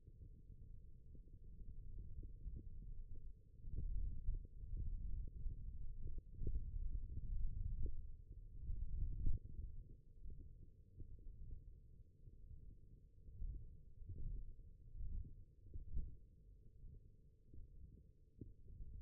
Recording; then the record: forearm muscle sounds (acoustic myography)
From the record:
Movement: index flexion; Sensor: system 1, eight BSWA MPA416 microphones around the upper forearm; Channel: 5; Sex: male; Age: 21 years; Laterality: right